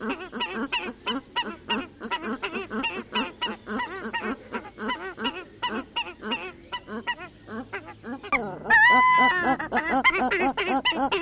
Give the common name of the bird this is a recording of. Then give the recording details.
Paradise Shelduck. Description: Paradise duck song. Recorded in New Zealand